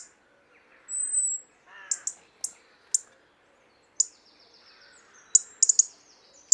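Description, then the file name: European robin calls: a high thin whistle, then scattered sharp ticks that bunch into a quick cluster near the end, with a soft lower rustling sound. "Erithacus rubecula"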